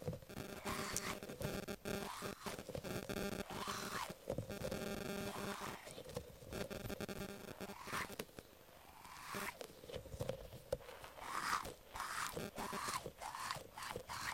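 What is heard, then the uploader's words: Squishy octopus and mermaid brushes are handled in a dense run of wet, crunchy squelches and rapid brushing scratches. The sound stays busy throughout, with bright crackly bursts and softer squeezes, a brief lull near eight seconds, then quick scraping strokes toward the end. Relax with squishy octopus and mermaid brushes...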